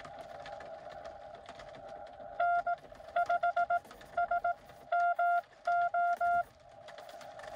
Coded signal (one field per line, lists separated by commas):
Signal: Morse code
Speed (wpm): 19 wpm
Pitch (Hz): 690 Hz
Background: none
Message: N5SMO